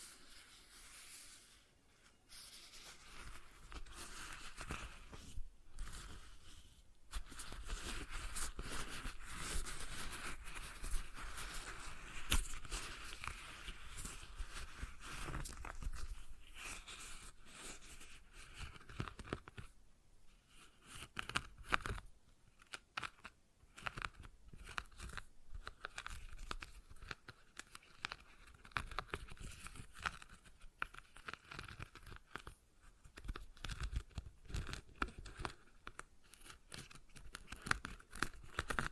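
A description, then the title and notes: A stress ball being squeezed and worked, giving off dense crinkling, crackling noise. The first half is a near-continuous rustle with a few brief pauses; after about twenty seconds it breaks into shorter, choppier bursts separated by quick silent gaps. ASMR Relaxing Stress Ball Sounds (No Talking).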